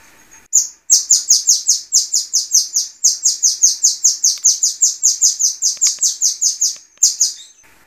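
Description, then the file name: Golden-bellied Gerygone song: a fast series of high, sharp notes, with a brief pause near three seconds and one final note after a gap. Long, original song of the bird. "suara asli panjang burung rio rio omkicau"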